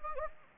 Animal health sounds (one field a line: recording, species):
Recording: mosquito wingbeat signal from an infrared sensor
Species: Anopheles gambiae